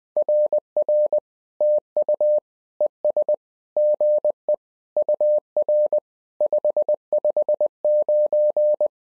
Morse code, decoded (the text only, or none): RR TU ES GE UR 559